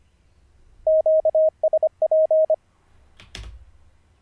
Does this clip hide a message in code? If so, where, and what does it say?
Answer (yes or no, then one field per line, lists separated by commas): yes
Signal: Morse code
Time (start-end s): 0.9-2.6 s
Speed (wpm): 24 wpm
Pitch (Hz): 630 Hz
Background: none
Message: QSP